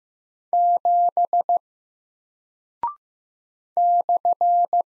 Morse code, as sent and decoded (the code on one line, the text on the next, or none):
--... / -..-.
7 /